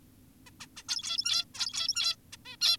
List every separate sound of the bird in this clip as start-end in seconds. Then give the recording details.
0.47-0.50, 0.60-0.67, 0.77-0.83, 0.89-1.45, 1.54-2.16, 2.33-2.37, 2.46-2.56, 2.61-2.77. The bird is an adult. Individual g17y2U